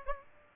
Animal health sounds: mosquito wingbeat signal from an infrared sensor; Aedes aegypti

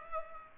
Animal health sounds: mosquito wingbeat signal from an infrared sensor; Culex pipiens

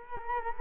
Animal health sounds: mosquito wingbeat signal from an infrared sensor; Culex quinquefasciatus

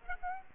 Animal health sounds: mosquito wingbeat signal from an infrared sensor; Aedes aegypti

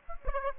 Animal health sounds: mosquito wingbeat signal from an infrared sensor; Aedes aegypti

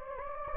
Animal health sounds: mosquito wingbeat signal from an infrared sensor; Anopheles gambiae

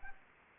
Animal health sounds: mosquito wingbeat signal from an infrared sensor; Anopheles arabiensis

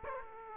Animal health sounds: mosquito wingbeat signal from an infrared sensor; Aedes aegypti

